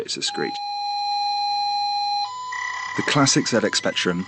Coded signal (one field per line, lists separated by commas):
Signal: ZX Spectrum tape loading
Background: speech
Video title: ZX Spectrum on Radio 4's Saturday Live